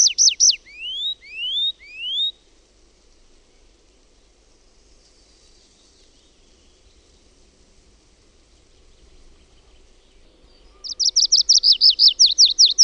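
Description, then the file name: Tree pipit giving a few loud descending notes, then a long pause, then a fast high trill of repeated notes near the end. "METSAKIRVINEN"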